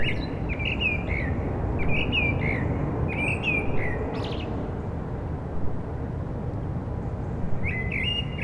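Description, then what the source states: Common blackbird song, a run of fluty warbled notes with squeaky high flourishes across the first four seconds, another phrase at the end, traffic hum beneath. Blackbirds singing after sunset on a mild day, eve of the winter solstice, Rue Jacques Cartier, Aix-les-Bains, France, with urban traffic.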